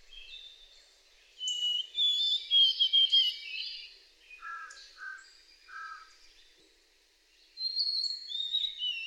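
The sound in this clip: White-throated sparrow song of clear high whistles with a quavering repeated pattern, then a few lower chirps and more whistling near the end.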